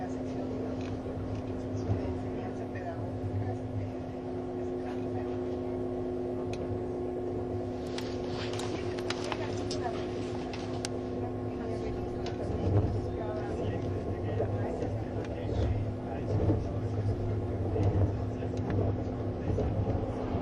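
Onboard a Swiss ICN RABDe 500 tilting train on the Gotthard line, a steady low drone with fixed tones runs throughout. Voices murmur in the background, and brief clicks and rattles gather between about 8 and 11 seconds, with the motion sound swelling after 12 seconds.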